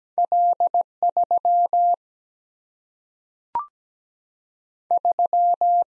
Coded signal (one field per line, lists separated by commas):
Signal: Morse code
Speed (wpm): 17 wpm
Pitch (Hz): 700 Hz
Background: none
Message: L3 3